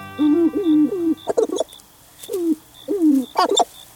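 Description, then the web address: Sharp-tailed grouse giving low hollow coos in short bursts, broken by quick rattling clucks, with a faint high steady tone behind. Sharp-tailed grouse nesting and wintering on farmland in eastern Washington. "Birdnote. Wade Troutman and the Sharp-tailed Grouse"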